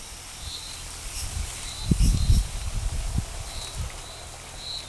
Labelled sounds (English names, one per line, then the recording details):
none
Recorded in forest near Pivijay, Magdalena, Colombia, on 17 April 2023 at 12:30
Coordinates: 10.467, -74.380
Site Z5-G034